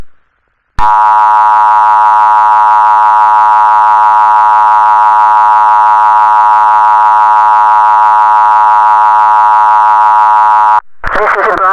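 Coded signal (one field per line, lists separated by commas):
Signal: Emergency Alert System (SAME) tones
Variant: 853 and 960 Hz attention tone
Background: speech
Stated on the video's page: Fictional mock EAS alert.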